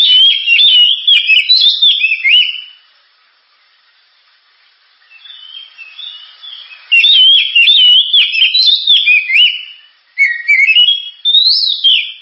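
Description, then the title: Oriental magpie-robin singing rich, fast whistled phrases with chirps and trills, a quiet gap midway, then loud bursts resuming twice. Sharp, very loud song, used as a lure to train other birds to sing. "Kacer Gacor Suara Tajam. Kacer Gacor Suara Super Kenceng Cocok untuk Pancingan"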